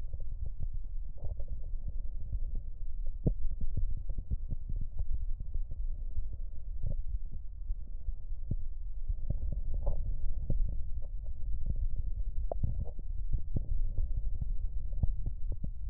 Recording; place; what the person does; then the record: lung sounds by stethoscope; left anterior apical chest; quiet breathing, then deep breathing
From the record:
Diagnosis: COPD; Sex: male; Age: 70 years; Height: 174 cm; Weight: 94 kg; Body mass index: 31.0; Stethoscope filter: extended mode